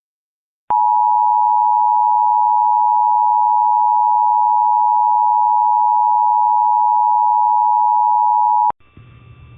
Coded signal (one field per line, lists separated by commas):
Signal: Emergency Alert System (SAME) tones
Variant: 853 and 960 Hz attention tone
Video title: Xfinity TV - EAS RMT [July 5th, 2022 at 11:37 AM]